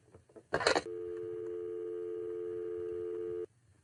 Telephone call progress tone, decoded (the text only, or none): dial tone